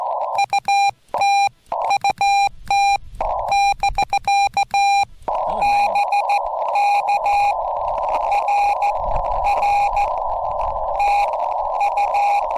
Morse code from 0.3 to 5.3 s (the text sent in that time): UT UT <BK>